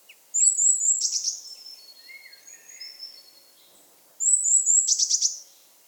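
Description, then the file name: Eurasian blue tit giving high sibilant notes running into a dry buzzy churr, twice, with quieter warbling notes filling the gap. "Cyanistes caeruleus"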